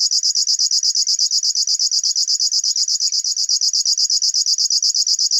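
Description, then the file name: River warbler singing a continuous mechanical 'zre-zre-zre' of fast, evenly spaced pulses, like a ticking sewing machine, for the whole stretch. "Schlagschwirl - Locustella fluviatilis"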